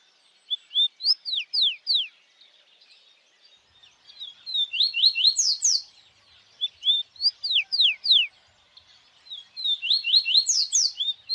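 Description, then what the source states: Bird song: bright bursts of quick descending whistled notes, several phrases with short pauses between. Birds singing at dawn.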